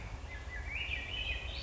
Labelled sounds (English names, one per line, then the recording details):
Swainson's Thrush
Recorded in Sonoma County, California